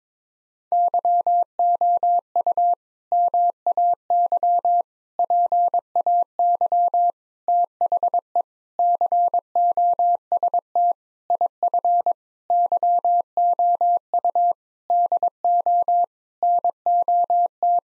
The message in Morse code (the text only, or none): YOU MAY PAY THE COST IF YOU DO NOT